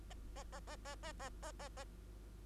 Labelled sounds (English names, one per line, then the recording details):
Bengalese Finch song
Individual Bird2